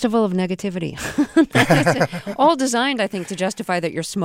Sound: laughter

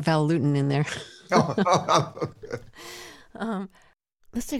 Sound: laughter

